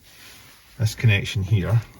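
During an integrated Mangoal dashcam install on a BMW 3 Series F34 GT, a car wiring connector is handled near its socket behind the car trim, ready to be clipped back in. Someone talks over low background hiss. Nothing has seated or clicked yet.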